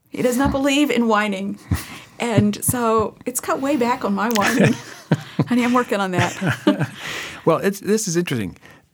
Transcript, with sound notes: He does not believe in whining. So it's cut way back on my whining! (laughs) Honey, I'm working on that.
It's interesting...